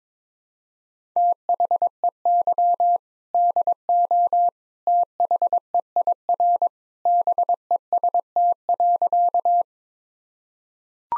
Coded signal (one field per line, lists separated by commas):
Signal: Morse code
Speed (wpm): 22 wpm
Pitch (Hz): 700 Hz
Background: none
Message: THEY DO THEIR BEST.